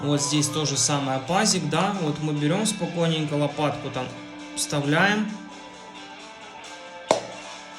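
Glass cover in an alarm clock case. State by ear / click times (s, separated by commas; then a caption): released / 7.1 s. Someone talks over music while a spatula is pushed into the notch of a Slava alarm clock's glass bezel to pry the glass cover out of the case. A small, sharp click at 7.1 s marks the glass popping open and releasing.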